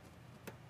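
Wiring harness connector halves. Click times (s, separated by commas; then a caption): 0.5 s. On a 2011–2016 Toyota Sienna with the 3.5L V6 (2GR-FE), the two halves of a plastic wiring harness connector are pushed together until they snap. A single short, bright click at 0.5 s stands out over a steady low background hum. The connector is tugged afterward and holds, so it is fully seated.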